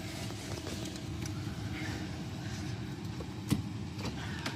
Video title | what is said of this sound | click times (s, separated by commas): Replacing Fuel Lines - Polaris Snowmobile Gas Leak | just Clicks right in. clicks right in. | 4.5 s